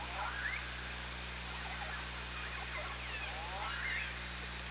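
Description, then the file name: Orca calls: two rising tonal sweeps, one near the start and another near the end, over steady hiss and low hum. OrcaLab, 24 August 2017, 17:35. "Orca Lab 20170824 173512"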